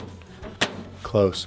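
A staple unit is pushed back into the external finisher of a Kyocera 306ci–508ci copier and seats with a sharp plastic click at 0.6 s. Someone talks afterwards, just before the cover is closed.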